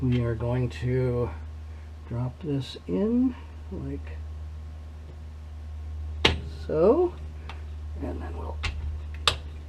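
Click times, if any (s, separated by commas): 9.1 s, 9.3 s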